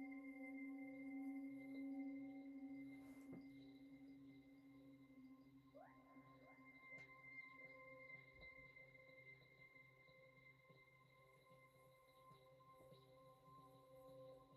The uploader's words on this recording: MIDI and BOWL sounds 7 mins per chakra.